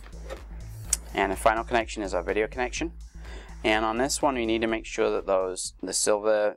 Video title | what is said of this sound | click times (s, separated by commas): Mitsubishi Toshiba Samsung DLP TV Repair No Picture No HDMI NO VGA - DIY DLP Main Board Replacement | it just connects in, clips in. | 0.9 s